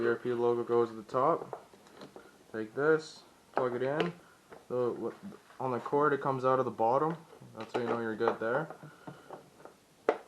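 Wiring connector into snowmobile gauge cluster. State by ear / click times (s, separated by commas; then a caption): seated / 10.1 s. A wiring plug is pushed into the gauge cluster of a 2015 Ski-doo snowmobile while someone talks. A sharp click at 10.1 s marks the plug latching and seating in place.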